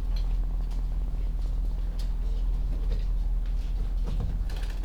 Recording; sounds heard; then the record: poultry house recording; sick chickens (respiratory disease)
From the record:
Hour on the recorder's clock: 16